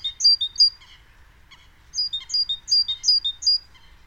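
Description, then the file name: Great tit song, ringing high phrases repeated rapidly in two bursts. "Parus major"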